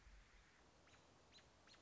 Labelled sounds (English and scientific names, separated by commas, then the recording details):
American Robin (Turdus migratorius)
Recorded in Sonoma County, California